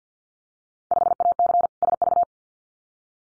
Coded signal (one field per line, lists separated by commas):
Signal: Morse code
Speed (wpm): 50 wpm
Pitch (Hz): 700 Hz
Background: none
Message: 5AC SV